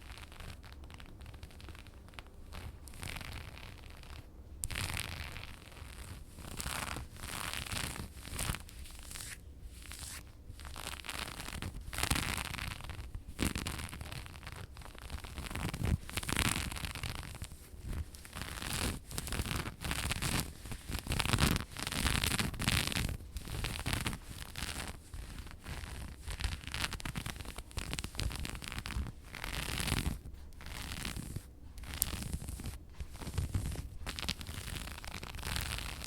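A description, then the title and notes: Fabric being scratched and rubbed, producing a dense run of rough, crackling scrapes and rustles. The strokes come quickly and irregularly, with sharper, louder bursts from about twelve seconds onward. A low rumble sits underneath throughout. ASMR Dress Scratching & Fabric Sounds Ada Wong Cosplay.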